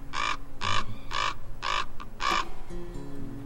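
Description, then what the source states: Raven calling, a series of five harsh, rasping caws about half a second apart. Raven in the hot, arid desert Southwest.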